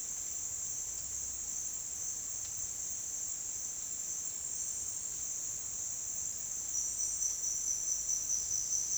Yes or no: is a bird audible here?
no